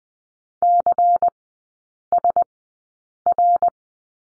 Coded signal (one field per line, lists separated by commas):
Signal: Morse code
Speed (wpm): 20 wpm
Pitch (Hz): 700 Hz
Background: none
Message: CSR